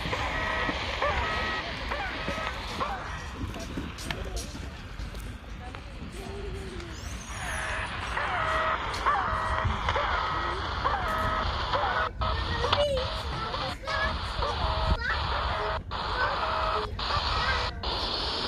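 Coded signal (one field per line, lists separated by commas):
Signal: channel marker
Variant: The Goose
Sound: repeating nasal honking tones with harmonics, like a goose, under heavy crackling static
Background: radio static, fading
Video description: 4310 kHz AM - "The Goose" Russian Military station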